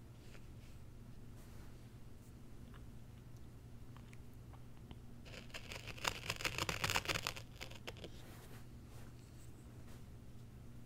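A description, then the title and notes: An unboxing: low steady hum throughout, light handling clicks, then a burst of bright rustling and scraping around six to eight seconds. ASMR Icnbuys Zen Garden Unboxing No Talking.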